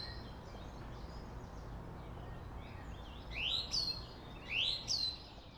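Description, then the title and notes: Song thrush singing: after a stretch of steady low rumble, a rising whistled sweep ending in a bright high note is sung twice in quick succession. Singing bird in a Berlin cemetery, Germany, with distant city traffic noise in the background; recorded on a handheld digital recorder. "Friedhof Columbiadamm, Berlin - Song thrush. Song thrush (Singdrossel) singing, distant city. traffic noise"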